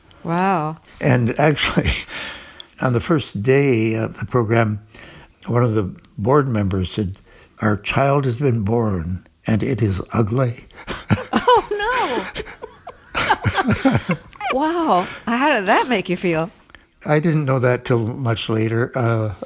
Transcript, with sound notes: And actually, on the first day of the program, one of the board members said, our child has been born, and it is ugly.
Oh, no.
(LAUGHTER)
Wow. How did that make you feel?
I didn't know that till much later.